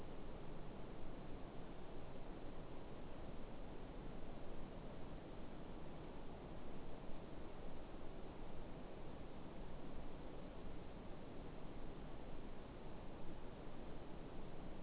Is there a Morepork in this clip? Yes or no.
no